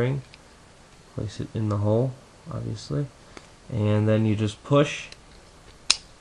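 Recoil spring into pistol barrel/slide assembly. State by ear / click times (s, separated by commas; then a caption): seated / 5.9 s. During pistol reassembly, a recoil spring is placed in its hole in the slide and barrel assembly and pushed while someone talks. At 5.9 s a sharp, short snap is heard as the spring seats down against the back of the barrel, and the spring is in place.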